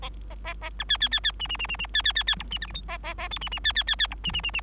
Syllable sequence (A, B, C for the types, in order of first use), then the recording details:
A A A B C C C C D D D D D C C C C E D F G H A A A I D D C C C C E D D D D. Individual Bird3